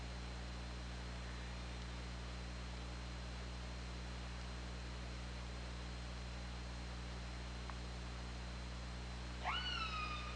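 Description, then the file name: Orca call near the end: a single sharply rising, harmonic call after long stretches of steady underwater hiss with a low hum and a faint click. 24 August 2017, 21:32. "Orca Lab. 20170824 213241"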